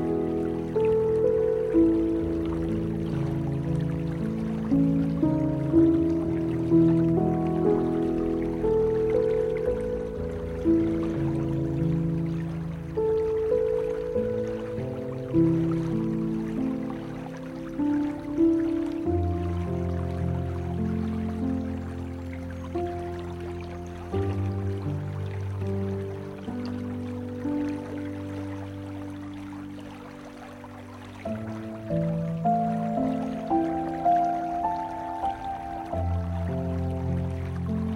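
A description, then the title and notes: Gentle piano plays a slow, flowing melody over sustained low bass notes, with chords shifting every few seconds. The level stays soft and even, easing briefly near the 30-second mark before the notes pick up again. A faint trickle of water sits beneath the music. Relaxing Music and Gentle Stream_ Beautiful Piano, Water Sounds, Sleep Music, Nature Sounds.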